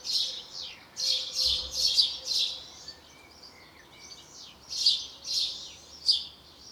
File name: Passer domesticus